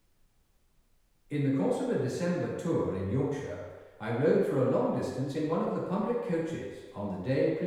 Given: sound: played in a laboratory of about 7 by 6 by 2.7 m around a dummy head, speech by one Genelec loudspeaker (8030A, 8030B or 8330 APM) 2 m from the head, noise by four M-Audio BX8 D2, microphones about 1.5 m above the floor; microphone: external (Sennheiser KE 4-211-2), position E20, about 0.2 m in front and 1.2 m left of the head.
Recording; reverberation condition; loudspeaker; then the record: male speech in English; high; 150 degrees to the right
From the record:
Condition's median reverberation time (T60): about 1300 ms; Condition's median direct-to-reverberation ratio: about -4.0 dB